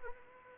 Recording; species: mosquito wingbeat signal from an infrared sensor; Anopheles arabiensis